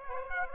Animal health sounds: mosquito wingbeat signal from an infrared sensor; Aedes aegypti

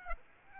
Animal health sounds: mosquito wingbeat signal from an infrared sensor; Aedes aegypti

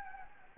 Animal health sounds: mosquito wingbeat signal from an infrared sensor; Anopheles gambiae

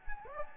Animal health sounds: mosquito wingbeat signal from an infrared sensor; Anopheles gambiae

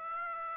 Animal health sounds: mosquito wingbeat signal from an infrared sensor; Aedes aegypti

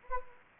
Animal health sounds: mosquito wingbeat signal from an infrared sensor; Anopheles gambiae

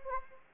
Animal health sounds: mosquito wingbeat signal from an infrared sensor; Anopheles gambiae

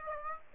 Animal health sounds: mosquito wingbeat signal from an infrared sensor; Aedes aegypti

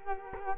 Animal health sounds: mosquito wingbeat signal from an infrared sensor; Culex quinquefasciatus

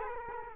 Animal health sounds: mosquito wingbeat signal from an infrared sensor; Culex quinquefasciatus

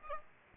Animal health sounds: mosquito wingbeat signal from an infrared sensor; Aedes aegypti

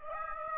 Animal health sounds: mosquito wingbeat signal from an infrared sensor; Aedes aegypti

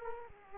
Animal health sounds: mosquito wingbeat signal from an infrared sensor; Aedes aegypti

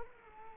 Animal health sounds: mosquito wingbeat signal from an infrared sensor; Culex quinquefasciatus

